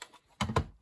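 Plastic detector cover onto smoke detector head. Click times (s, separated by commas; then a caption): 0.4 s, 0.6 s. The plastic cover of a System Sensor 2400 smoke detector head is pressed flush and twisted clockwise, giving a faint tap at the start and then two sharp plastic clicks at 0.4 s and 0.6 s. The cover clicks into place and seats, and the detector is back together.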